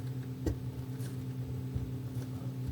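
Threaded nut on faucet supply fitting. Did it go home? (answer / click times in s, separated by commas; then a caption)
no / none. A threaded faucet nut is set flat on its supply fitting and turned in the loosening direction so the thread ends can drop past each other, a check that the nut sits flat before tightening to avoid cross threading. A steady low hum runs underneath with one brief sharper sound partway through. Nothing has seated or clicked yet.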